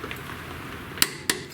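A click-type torque wrench tightens a front suspension bolt on a 1994 Mazda Miata during front-end suspension repairs. Over a low background, a sharp metallic hit comes at about 1.0 s and the wrench's loud snap comes at 1.3 s, followed by a smaller tap near 1.5 s. The wrench snaps at its setting, confirming the bolt is torqued.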